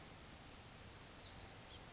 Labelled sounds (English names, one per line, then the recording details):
House Finch
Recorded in Sonoma County, California